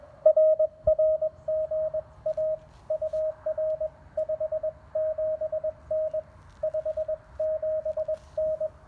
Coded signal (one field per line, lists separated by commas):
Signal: Morse code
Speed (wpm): 22 wpm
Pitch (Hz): 660 Hz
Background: radio noise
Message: R R GA UR 57N 57N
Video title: CW Cootie POTA Activation of K-1001 using Elecraft KX1, KXPD1 paddles and a unique home-brew EFHW